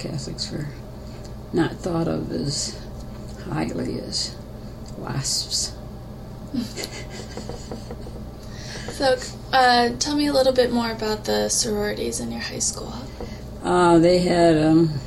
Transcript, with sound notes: Catholics were not thought of as highly as WASPs. [Laughter]
Tell me a little bit more about the sororities in your high school.
They had